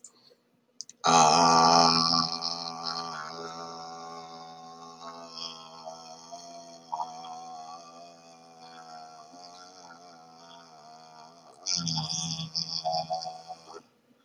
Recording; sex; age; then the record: vowel held as long as possible; male; 30 to 39 years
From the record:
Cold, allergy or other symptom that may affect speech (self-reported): no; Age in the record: 34 years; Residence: New Jersey, United States